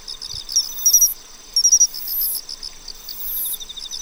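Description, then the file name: Pine cricket song of sharp bell-like chirps in short groups, with a steady pulsed trill beneath and long shrill insect buzzes. "Matsumushi"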